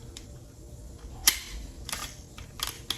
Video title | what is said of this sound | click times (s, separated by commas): MAXIM DEFENSE CCS BRACE - Best CQB stock on the market? | So that's that click of affirmation, you know it's in spot. | 1.3 s, 2.9 s